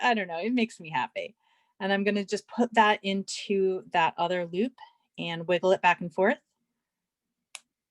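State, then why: Seated. Someone talks while wiggling an open metal jump ring back and forth with two pliers on a napkin-ring charm loop until its ends meet flush. A single sharp click sounds at 7.6 s, meaning the jump ring is fully closed.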